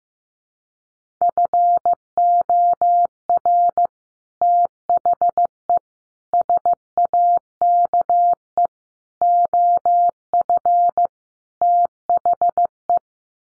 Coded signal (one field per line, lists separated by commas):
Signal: Morse code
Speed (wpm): 15 wpm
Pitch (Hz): 700 Hz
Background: none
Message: FOR THE SAKE OF THE